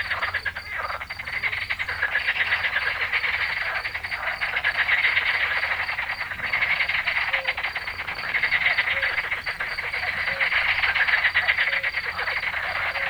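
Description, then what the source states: Edible frog chorus of fast, harsh, rattling croaks pouring out almost without pause, swelling in waves. In nature.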